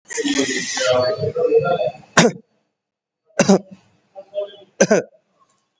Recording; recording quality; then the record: shallow voluntary cough; moderate, slight background noise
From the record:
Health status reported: COVID-19 positive, mild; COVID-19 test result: positive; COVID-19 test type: RT-PCR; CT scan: taken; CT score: 4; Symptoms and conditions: cough, breathing difficulty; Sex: male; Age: 18 years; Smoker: no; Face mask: not worn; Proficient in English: yes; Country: India